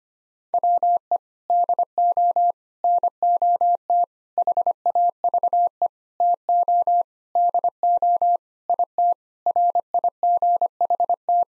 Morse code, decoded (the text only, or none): WE DO NOT HAVE TO DO IT RIGHT